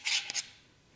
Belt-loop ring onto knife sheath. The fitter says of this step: and simply slide it over top of this and it locks in place